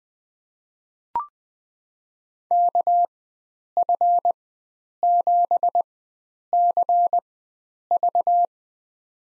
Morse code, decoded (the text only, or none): KF7CV